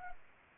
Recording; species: mosquito wingbeat signal from an infrared sensor; Anopheles arabiensis